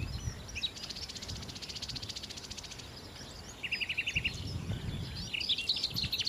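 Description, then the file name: Common nightingale song: a fast, even run of high repeated notes, then a rapid series of lower repeated chirps, then a burst of varied warbling, with low rumble beneath. "Nachtigall"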